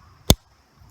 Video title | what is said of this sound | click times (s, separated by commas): Le Duck EDC & Neck Knife from Outdoor Edge: Solid Little Knife | this pushes up and you'll hear the click here, | 0.3 s